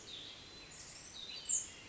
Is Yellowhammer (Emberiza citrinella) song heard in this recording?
no